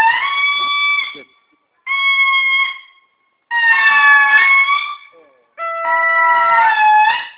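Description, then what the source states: Indri calling, four long wailing, horn-like notes with rich harmonics, separated by short silences; the last note starts lower and the sustained tones waver slightly. Madagascar.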